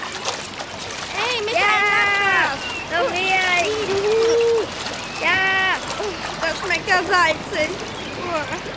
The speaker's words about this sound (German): Conny und Michael laufen sofort ins Wasser. Michael bespritzt Conny mit beiden Händen.